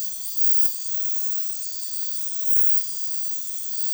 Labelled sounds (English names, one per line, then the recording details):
none
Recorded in dense forest near Puerto Asís, Putumayo, Colombia, on 18 February 2024 at 23:00
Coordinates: 0.505, -76.324
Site G6467